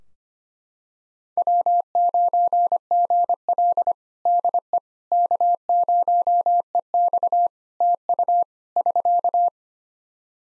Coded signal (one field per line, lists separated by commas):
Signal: Morse code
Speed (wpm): 25 wpm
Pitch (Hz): 700 Hz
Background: none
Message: W9GL DE K0EX TU <SK>